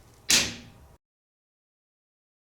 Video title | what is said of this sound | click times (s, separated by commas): Toyota Tundra Front Blinker Bulb Replacement - 2014-2017 Tundra | there should be an obvious connection as it snaps into place | 0.3 s